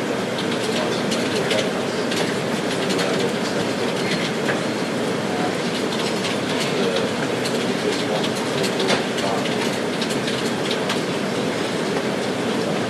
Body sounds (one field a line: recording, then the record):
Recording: background sound without coughing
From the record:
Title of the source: Office Sounds Ambience - Background Noise for Study and Work